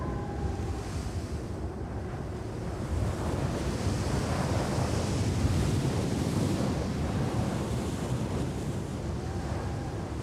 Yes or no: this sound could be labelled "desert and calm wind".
yes